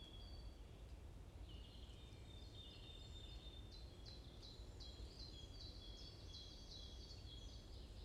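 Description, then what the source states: Bird chirping: scattered thin whistles at first, then a long fast series of repeated high chirps, all above a steady low-frequency hum. Morning chorus in a forest at Bosvoorde, Watermaal-Bosvoorde, Brussels, Belgium; peaceful setting; recorded with an AMBE VR microphone.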